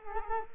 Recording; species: mosquito wingbeat signal from an infrared sensor; Culex quinquefasciatus